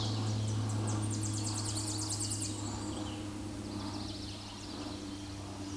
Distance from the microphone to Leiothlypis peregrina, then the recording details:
about 25 m. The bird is about 15 m above the microphone. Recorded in a Pennsylvania forest on 16 May 2024 at 08:06. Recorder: AudioMoth, point MSD-0814. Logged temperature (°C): 15.8 °C. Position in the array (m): 145 m, 113 m